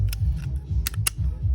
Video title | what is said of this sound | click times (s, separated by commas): Changing Gen 5 Glock Trigger | and boom it just snaps right in there you might have to give it just a little | 0.9 s, 1.1 s